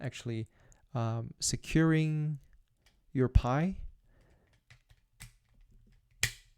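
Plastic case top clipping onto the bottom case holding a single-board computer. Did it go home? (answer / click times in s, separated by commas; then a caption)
yes / 6.2 s. A plastic case top is pressed down onto the bottom half of a plastic enclosure that holds a Raspberry Pi board. Someone talks through the first four seconds, then a few light handling taps come at about 4.7, 4.9 and 5.2 seconds. A sharp snap at 6.2 seconds is the case clipping shut, and the lid is fully seated.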